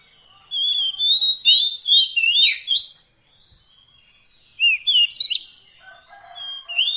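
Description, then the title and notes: Oriental magpie-robin singing sweeping whistled phrases with high chirps, a short silence, then more sharp whistles and a low twittering. Long-duration fill-in (isian) song of a kacer, used to make the bird sing persistently day and night. "Kacer Jadi Gacor Siang Malam. Isian Kacer Durasi Panjang"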